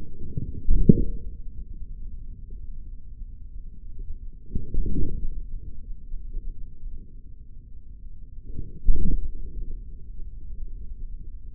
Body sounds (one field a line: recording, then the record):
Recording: forearm muscle sounds (acoustic myography)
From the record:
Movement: forearm pronation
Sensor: system 3, bracelet of six PUI Audio POM-2738L microphones around the upper forearm, with dedicated amplification and filtering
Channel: 6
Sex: male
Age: 56 years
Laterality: right